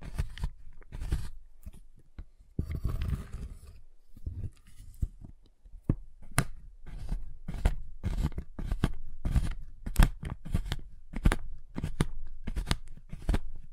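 Cutting and snapping at a giant chocolate bar, with sharp, bright clicks and cracks that come in quick irregular bursts. The first four seconds hold softer scraping and rustling; after that the sharp snaps grow frequent, landing every half second or so until the end.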